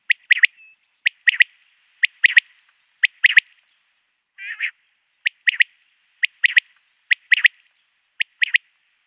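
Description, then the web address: Common quail display call: sharp three-note phrases, clipped and liquid, repeated about once a second, with one short buzzy, grating note midway. Male display. "Schulze Peter Common Quail male display"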